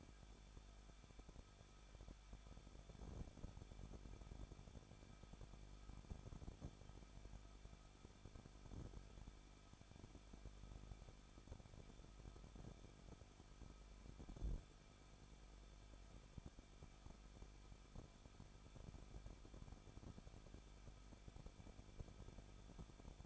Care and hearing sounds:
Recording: daily activity, microphone in the room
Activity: no activity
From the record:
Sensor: 5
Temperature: 20.9 degrees Celsius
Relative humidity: 38.2%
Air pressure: 1006.4 hPa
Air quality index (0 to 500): 187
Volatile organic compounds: 18 ppm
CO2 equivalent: 2625 ppm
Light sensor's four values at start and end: 2/3/1/1 and 2/3/1/1

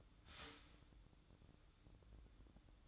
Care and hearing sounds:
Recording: daily activity, microphone in the room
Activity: start toaster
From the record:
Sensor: 3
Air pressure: 1007.1 hPa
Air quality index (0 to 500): 55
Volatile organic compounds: 1 ppm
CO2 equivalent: 593 ppm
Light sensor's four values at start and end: 8/18/7/7 and 8/18/7/7

